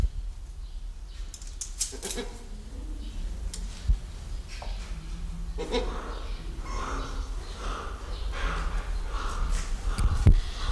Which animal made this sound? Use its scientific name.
Bycanistes brevis